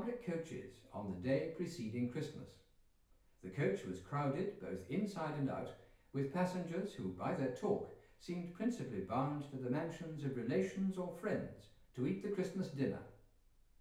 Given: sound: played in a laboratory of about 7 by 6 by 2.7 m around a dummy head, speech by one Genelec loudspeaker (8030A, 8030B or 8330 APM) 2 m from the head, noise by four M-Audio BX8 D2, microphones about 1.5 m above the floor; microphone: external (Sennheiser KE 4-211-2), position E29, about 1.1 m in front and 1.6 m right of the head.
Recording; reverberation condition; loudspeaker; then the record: male speech in English; medium; behind (180 degrees)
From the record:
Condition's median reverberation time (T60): about 510 ms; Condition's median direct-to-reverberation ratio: about -0.5 dB